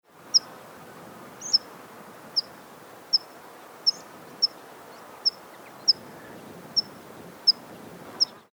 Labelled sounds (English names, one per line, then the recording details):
Water Pipit
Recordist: Frommolt, Karl-Heinz
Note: Rufe